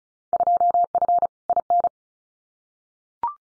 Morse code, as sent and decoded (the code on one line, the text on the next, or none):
..--- ..-. / .. -.
2F IN